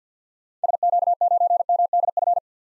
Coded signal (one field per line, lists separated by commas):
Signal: Morse code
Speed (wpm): 50 wpm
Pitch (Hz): 700 Hz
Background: none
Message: SQ9MDF